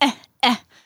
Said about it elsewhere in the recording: It's E-H for eh. Kind of like you're constricting your lungs and then pressing out air, like that. So this is the sound for I have to burp.